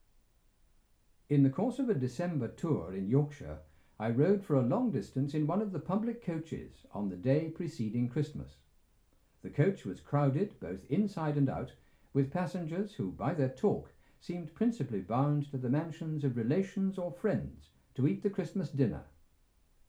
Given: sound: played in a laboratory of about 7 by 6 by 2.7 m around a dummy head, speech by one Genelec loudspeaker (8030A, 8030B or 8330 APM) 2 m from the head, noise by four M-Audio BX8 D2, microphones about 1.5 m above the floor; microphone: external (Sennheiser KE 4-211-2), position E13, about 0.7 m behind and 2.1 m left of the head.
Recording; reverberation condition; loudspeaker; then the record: male speech in English; low; 120 degrees to the left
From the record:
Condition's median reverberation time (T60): about 310 ms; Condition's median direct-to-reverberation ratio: about 3.5 dB